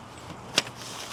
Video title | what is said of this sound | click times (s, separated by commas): Sweat Tent Sauna Setup Surprises You Need To See! | Boom. Got a nice click in there. | 0.6 s